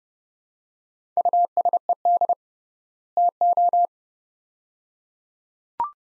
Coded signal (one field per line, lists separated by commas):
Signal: Morse code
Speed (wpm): 30 wpm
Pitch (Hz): 700 Hz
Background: none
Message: USED TO